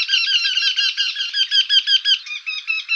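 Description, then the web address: Eurasian wryneck calls: a rapid, steady run of short nasal notes continuing evenly throughout, with nothing else heard. "Jynx torquilla"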